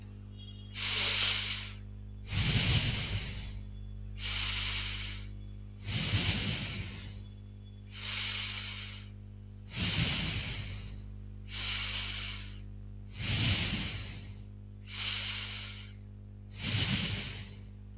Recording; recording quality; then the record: deep breathing; moderate, slight background noise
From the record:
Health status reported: healthy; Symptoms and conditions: none ticked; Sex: female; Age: 28 years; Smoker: not ticked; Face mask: not worn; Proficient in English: yes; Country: India